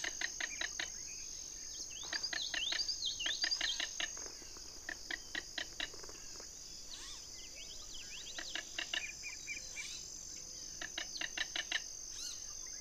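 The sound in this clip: King rail calling in repeated runs of hard, rapid clicking kek notes, several bursts throughout, with thin bird chirps and a constant high-pitched insect hum behind.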